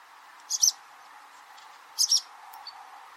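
Barn swallow calls: two quick clusters of sharp, high chirps about a second and a half apart, over a steady low hiss.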